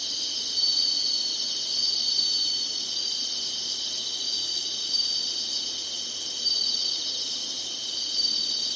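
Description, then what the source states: Insects singing in a steady, dense high-pitched chorus, a continuous shimmering buzz with faint brief brighter notes rising above it now and then. Singing insects in summer.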